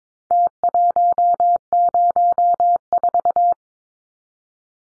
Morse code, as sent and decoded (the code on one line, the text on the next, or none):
- .---- ----- ....-
T104